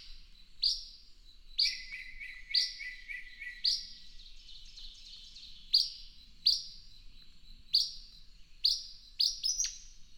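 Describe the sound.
Bird song of high, sharp chirps with trailing tones, several overlapping lower buzzy notes early on, then a steady series ending in a rapid double note.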